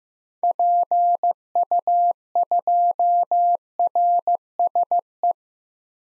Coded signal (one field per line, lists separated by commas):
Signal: Morse code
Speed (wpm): 15 wpm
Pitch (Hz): 700 Hz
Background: none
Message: PU2RSE